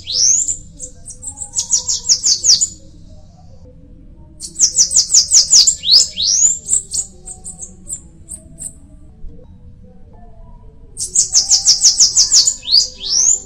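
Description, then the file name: Bananaquit song: three bursts of very high, thin, rapid notes, each lasting a few seconds, separated by quiet pauses. "canto da cambacica"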